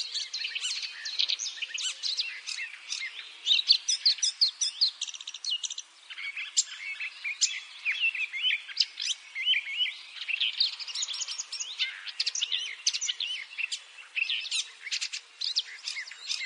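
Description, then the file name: Eurasian blackcap: long stretch of dense, scratchy warbling with quick high notes, two sustained bouts separated by a short lull. "Sylvia atricapilla"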